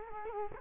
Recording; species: mosquito wingbeat signal from an infrared sensor; Culex quinquefasciatus